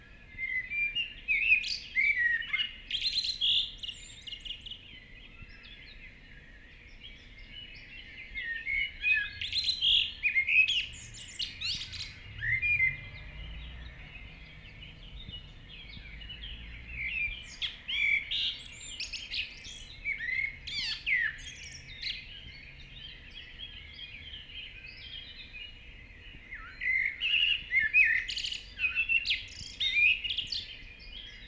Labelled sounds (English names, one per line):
Common Blackbird song